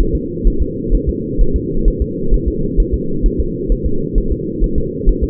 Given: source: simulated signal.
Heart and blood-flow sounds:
fetal heart sounds
0.00 s: S1
0.15 s: S2
0.47 s: S1
0.62 s: S2
0.95 s: S1
1.09 s: S2
1.41 s: S1
1.56 s: S2
1.88 s: S1
2.02 s: S2
2.34 s: S1
2.48 s: S2
2.80 s: S1
2.94 s: S2
3.26 s: S1
3.40 s: S2
3.72 s: S1
3.86 s: S2
4.18 s: S1
4.32 s: S2
4.64 s: S1
4.78 s: S2
5.09 s: S1
5.24 s: S2
From the record:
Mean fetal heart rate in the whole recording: 130 bpm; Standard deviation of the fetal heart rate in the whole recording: 4 bpm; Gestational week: 38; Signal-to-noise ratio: -8.1 dB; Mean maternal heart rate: 72 bpm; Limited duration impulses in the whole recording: present

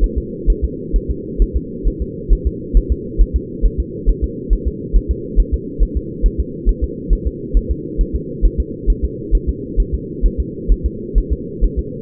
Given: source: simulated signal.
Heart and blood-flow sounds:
fetal heart sounds
0.04 s: S1
0.18 s: S2
0.50 s: S1
0.64 s: S2
0.96 s: S1
1.11 s: S2
1.42 s: S1
1.57 s: S2
1.88 s: S1
2.02 s: S2
2.33 s: S1
2.47 s: S2
2.77 s: S1
2.92 s: S2
3.21 s: S1
3.36 s: S2
3.65 s: S1
3.80 s: S2
4.09 s: S1
4.24 s: S2
4.53 s: S1
4.68 s: S2
4.96 s: S1
5.11 s: S2
5.40 s: S1
5.54 s: S2
5.83 s: S1
5.97 s: S2
6.26 s: S1
6.40 s: S2
6.69 s: S1
6.84 s: S2
7.13 s: S1
7.27 s: S2
7.57 s: S1
7.71 s: S2
8.01 s: S1
8.16 s: S2
8.46 s: S1
8.60 s: S2
8.90 s: S1
9.04 s: S2
9.35 s: S1
9.49 s: S2
9.80 s: S1
9.95 s: S2
10.26 s: S1
10.40 s: S2
10.72 s: S1
10.86 s: S2
11.18 s: S1
11.33 s: S2
11.64 s: S1
11.79 s: S2
From the record:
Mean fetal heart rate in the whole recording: 135 bpm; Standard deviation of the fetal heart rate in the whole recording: 3 bpm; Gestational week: 36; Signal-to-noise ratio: -4.1 dB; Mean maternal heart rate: no maternal heart sound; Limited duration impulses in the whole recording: absent

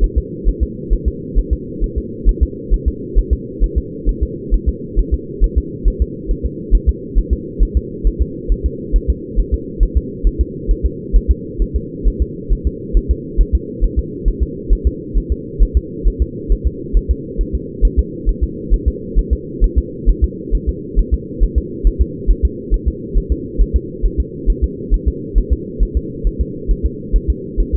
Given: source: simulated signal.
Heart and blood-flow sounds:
fetal heart sounds
0.04 s: S1
0.18 s: S2
0.48 s: S1
0.63 s: S2
0.93 s: S1
1.08 s: S2
1.39 s: S1
1.53 s: S2
1.84 s: S1
1.98 s: S2
2.29 s: S1
2.43 s: S2
2.74 s: S1
2.88 s: S2
3.19 s: S1
3.33 s: S2
3.64 s: S1
3.78 s: S2
4.09 s: S1
4.23 s: S2
4.54 s: S1
4.68 s: S2
4.99 s: S1
5.14 s: S2
5.44 s: S1
5.58 s: S2
5.88 s: S1
6.02 s: S2
6.31 s: S1
6.46 s: S2
6.75 s: S1
6.89 s: S2
7.18 s: S1
7.33 s: S2
7.63 s: S1
7.77 s: S2
8.07 s: S1
8.21 s: S2
8.52 s: S1
8.66 s: S2
8.96 s: S1
9.10 s: S2
9.40 s: S1
9.54 s: S2
9.83 s: S1
9.97 s: S2
10.27 s: S1
10.41 s: S2
10.71 s: S1
10.86 s: S2
11.16 s: S1
11.31 s: S2
11.62 s: S1
11.76 s: S2
12.07 s: S1
12.22 s: S2
12.53 s: S1
12.67 s: S2
12.97 s: S1
13.11 s: S2
13.41 s: S1
13.55 s: S2
13.84 s: S1
13.99 s: S2
14.28 s: S1
14.43 s: S2
14.73 s: S1
14.87 s: S2
15.18 s: S1
15.32 s: S2
15.63 s: S1
15.77 s: S2
16.08 s: S1
16.22 s: S2
16.52 s: S1
16.67 s: S2
16.97 s: S1
17.11 s: S2
17.41 s: S1
17.55 s: S2
17.85 s: S1
17.99 s: S2
18.29 s: S1
18.43 s: S2
18.74 s: S1
18.88 s: S2
19.19 s: S1
19.33 s: S2
19.64 s: S1
19.78 s: S2
20.09 s: S1
20.24 s: S2
20.55 s: S1
20.69 s: S2
20.99 s: S1
21.14 s: S2
21.43 s: S1
21.58 s: S2
21.87 s: S1
22.01 s: S2
22.30 s: S1
22.45 s: S2
22.74 s: S1
22.88 s: S2
23.18 s: S1
23.32 s: S2
23.61 s: S1
23.76 s: S2
24.05 s: S1
24.20 s: S2
24.50 s: S1
24.64 s: S2
24.94 s: S1
25.08 s: S2
25.38 s: S1
25.53 s: S2
25.83 s: S1
25.97 s: S2
26.27 s: S1
26.41 s: S2
26.71 s: S1
26.86 s: S2
27.16 s: S1
27.30 s: S2
27.60 s: S1
27.75 s: S2
From the record:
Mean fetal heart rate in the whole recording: 135 bpm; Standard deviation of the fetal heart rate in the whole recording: 3 bpm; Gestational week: 36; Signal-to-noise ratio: -4.1 dB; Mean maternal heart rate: no maternal heart sound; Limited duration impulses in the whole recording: absent

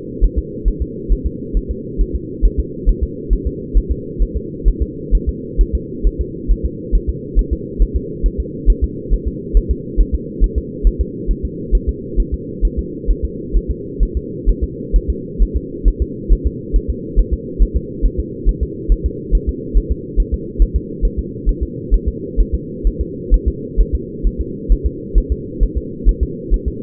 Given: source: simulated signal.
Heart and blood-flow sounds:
fetal heart sounds
0.24 s: S1
0.38 s: S2
0.68 s: S1
0.82 s: S2
1.12 s: S1
1.26 s: S2
1.57 s: S1
1.71 s: S2
2.01 s: S1
2.15 s: S2
2.45 s: S1
2.59 s: S2
2.89 s: S1
3.03 s: S2
3.33 s: S1
3.47 s: S2
3.77 s: S1
3.92 s: S2
4.23 s: S1
4.37 s: S2
4.68 s: S1
4.82 s: S2
5.15 s: S1
5.29 s: S2
5.61 s: S1
5.75 s: S2
6.07 s: S1
6.21 s: S2
6.51 s: S1
6.65 s: S2
6.95 s: S1
7.09 s: S2
7.39 s: S1
7.53 s: S2
7.82 s: S1
7.96 s: S2
8.26 s: S1
8.40 s: S2
8.70 s: S1
8.84 s: S2
9.13 s: S1
9.28 s: S2
9.57 s: S1
9.71 s: S2
10.00 s: S1
10.15 s: S2
10.44 s: S1
10.58 s: S2
10.87 s: S1
11.01 s: S2
11.31 s: S1
11.45 s: S2
11.75 s: S1
11.89 s: S2
12.20 s: S1
12.34 s: S2
12.65 s: S1
12.79 s: S2
13.11 s: S1
13.25 s: S2
13.56 s: S1
13.71 s: S2
14.03 s: S1
14.17 s: S2
14.50 s: S1
14.63 s: S2
14.96 s: S1
15.10 s: S2
15.42 s: S1
15.56 s: S2
15.88 s: S1
16.02 s: S2
16.32 s: S1
16.47 s: S2
16.76 s: S1
16.90 s: S2
17.19 s: S1
17.33 s: S2
17.62 s: S1
17.76 s: S2
18.06 s: S1
18.20 s: S2
18.49 s: S1
18.63 s: S2
18.92 s: S1
19.06 s: S2
19.35 s: S1
19.49 s: S2
19.77 s: S1
19.92 s: S2
20.20 s: S1
20.34 s: S2
20.62 s: S1
20.76 s: S2
21.05 s: S1
21.19 s: S2
21.49 s: S1
21.63 s: S2
21.94 s: S1
22.08 s: S2
22.40 s: S1
22.55 s: S2
22.87 s: S1
23.01 s: S2
23.34 s: S1
23.48 s: S2
23.81 s: S1
23.95 s: S2
24.27 s: S1
24.41 s: S2
24.72 s: S1
24.86 s: S2
25.18 s: S1
25.32 s: S2
25.63 s: S1
25.77 s: S2
26.09 s: S1
26.23 s: S2
26.54 s: S1
26.68 s: S2
From the record:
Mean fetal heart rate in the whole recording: 135 bpm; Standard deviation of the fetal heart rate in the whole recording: 3 bpm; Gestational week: 36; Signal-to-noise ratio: -4.1 dB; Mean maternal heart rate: no maternal heart sound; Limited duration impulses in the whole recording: absent

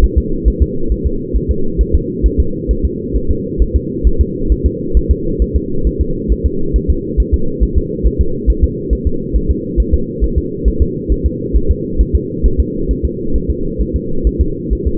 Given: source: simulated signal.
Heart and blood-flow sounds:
fetal heart sounds
0.04 s: S1
0.18 s: S2
0.48 s: S1
0.62 s: S2
0.92 s: S1
1.06 s: S2
1.36 s: S1
1.51 s: S2
1.81 s: S1
1.95 s: S2
2.26 s: S1
2.40 s: S2
2.71 s: S1
2.85 s: S2
3.16 s: S1
3.31 s: S2
3.62 s: S1
3.76 s: S2
4.07 s: S1
4.21 s: S2
4.52 s: S1
4.66 s: S2
4.97 s: S1
5.11 s: S2
5.42 s: S1
5.56 s: S2
5.87 s: S1
6.01 s: S2
6.32 s: S1
6.46 s: S2
6.76 s: S1
6.90 s: S2
7.20 s: S1
7.34 s: S2
7.63 s: S1
7.78 s: S2
8.07 s: S1
8.21 s: S2
8.50 s: S1
8.64 s: S2
8.93 s: S1
9.07 s: S2
9.36 s: S1
9.51 s: S2
9.80 s: S1
9.94 s: S2
10.24 s: S1
10.38 s: S2
10.68 s: S1
10.82 s: S2
11.12 s: S1
11.26 s: S2
11.56 s: S1
11.71 s: S2
12.01 s: S1
12.15 s: S2
12.46 s: S1
12.60 s: S2
12.91 s: S1
13.05 s: S2
13.36 s: S1
13.50 s: S2
13.81 s: S1
13.96 s: S2
14.27 s: S1
14.41 s: S2
14.73 s: S1
14.87 s: S2
From the record:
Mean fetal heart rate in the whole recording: 135 bpm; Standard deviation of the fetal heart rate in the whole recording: 3 bpm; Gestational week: 34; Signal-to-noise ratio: -8.1 dB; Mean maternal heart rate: 72 bpm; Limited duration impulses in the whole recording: absent

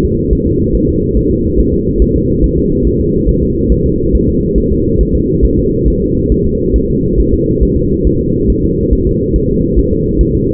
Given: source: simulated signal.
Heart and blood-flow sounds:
fetal heart sounds
0.05 s: S2
0.33 s: S1
0.47 s: S2
0.75 s: S1
0.89 s: S2
1.17 s: S1
1.31 s: S2
1.60 s: S1
1.74 s: S2
2.02 s: S1
2.16 s: S2
2.44 s: S1
2.58 s: S2
2.87 s: S1
3.01 s: S2
3.29 s: S1
3.43 s: S2
3.72 s: S1
3.86 s: S2
4.15 s: S1
4.29 s: S2
4.58 s: S1
4.72 s: S2
5.01 s: S1
5.15 s: S2
5.45 s: S1
5.59 s: S2
5.88 s: S1
6.02 s: S2
6.32 s: S1
6.46 s: S2
6.76 s: S1
6.90 s: S2
7.20 s: S1
7.34 s: S2
7.63 s: S1
7.77 s: S2
8.07 s: S1
8.21 s: S2
8.50 s: S1
8.64 s: S2
8.93 s: S1
9.07 s: S2
9.36 s: S1
9.50 s: S2
9.79 s: S1
9.93 s: S2
10.21 s: S1
10.35 s: S2
From the record:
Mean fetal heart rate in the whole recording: 140 bpm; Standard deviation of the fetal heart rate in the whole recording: 2 bpm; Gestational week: 34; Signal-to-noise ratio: -10.2 dB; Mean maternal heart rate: 72 bpm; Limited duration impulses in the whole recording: present

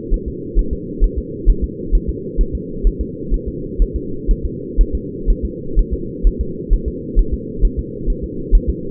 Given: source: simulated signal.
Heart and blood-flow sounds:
fetal heart sounds
0.14 s: S1
0.28 s: S2
0.59 s: S1
0.73 s: S2
1.04 s: S1
1.18 s: S2
1.50 s: S1
1.64 s: S2
1.95 s: S1
2.09 s: S2
2.41 s: S1
2.55 s: S2
2.87 s: S1
3.01 s: S2
3.34 s: S1
3.48 s: S2
3.82 s: S1
3.96 s: S2
4.31 s: S1
4.45 s: S2
4.81 s: S1
4.95 s: S2
5.30 s: S1
5.45 s: S2
5.79 s: S1
5.93 s: S2
6.27 s: S1
6.41 s: S2
6.73 s: S1
6.88 s: S2
7.19 s: S1
7.34 s: S2
7.65 s: S1
7.79 s: S2
8.10 s: S1
8.24 s: S2
8.55 s: S1
8.69 s: S2
From the record:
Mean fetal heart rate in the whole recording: 130 bpm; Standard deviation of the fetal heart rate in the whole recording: 4 bpm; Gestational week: 38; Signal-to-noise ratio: -4.3 dB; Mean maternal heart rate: 72 bpm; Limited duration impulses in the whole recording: present

